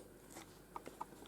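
A DCC Concepts Cobalt iP Analog model railway point motor is nudged into its printed mounting template under the layout. Two sharp clicks are heard at 0.8 s and 1.0 s, with softer handling noises around them. The point motor clicks into the holder and holds in place.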